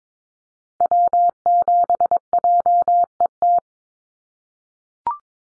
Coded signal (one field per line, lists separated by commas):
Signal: Morse code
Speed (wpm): 22 wpm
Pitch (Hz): 700 Hz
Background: none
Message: W7JET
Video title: NA SOTA Activator Callsigns 22wpm